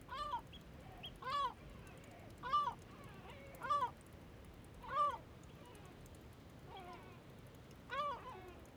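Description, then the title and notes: Gull giving strong, harsh, slightly bent calls at intervals of about a second, fainter gull notes in between, with quiet water noise behind. Calm gulls in flight, Bøur, Faroe Islands; very quiet setting with a small trickle of water nearby; recorded with Sonosax SX-M2D2 and iPhone AudioShare, ORTF DPA microphones in Cinela Albert. "Ballet de mouettes, calmes, 3HWW+78 Bøur, Îles Féroé. Ballet de mouettes en vol Féroé. sonore très calme avec ballet de mouettes calmes, et petit ruissellement à proximité"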